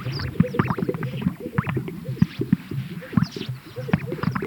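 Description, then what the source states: Greater sage-grouse display: low hollow pops and bubbling gurgles in rapid overlapping series, with swishing sounds and occasional high thin notes. Recorded at a lek.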